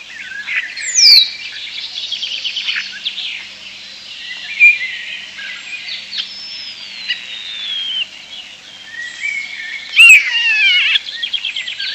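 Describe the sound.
European starling song: a rambling medley of clicks, rattles and long slurred whistles, some rising and some falling, with two loud bursts of sharp notes.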